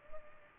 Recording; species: mosquito wingbeat signal from an infrared sensor; Culex pipiens